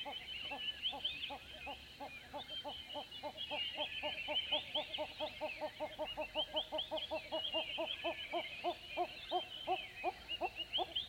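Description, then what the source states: Hornbills call in a steady stream of hollow clucks that gradually slow, with busy high birdsong continuing throughout. Dawn recordings in savannah at Mmabolela Reserve, Limpopo, South Africa, November 2016, with diffuse birdsong; two Sennheiser MKH8020 microphones in a SASS enclosure, Zoom F8 recorder.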